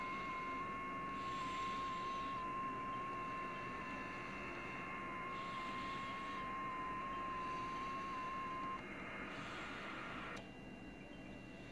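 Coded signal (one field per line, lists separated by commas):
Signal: FT8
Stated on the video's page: FT8 signal on 40m, worked from a station using an IC-7600, SPE Expert 1.3K-FA amplifier and a 40m dipole.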